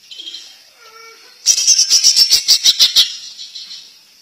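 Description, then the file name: Greater green leafbird song: quiet whistles lead into a loud, quick run of sharp, high stuttering notes lasting about one and a half seconds. Champion (juara) competition bird. "kicau cucak ijo juara"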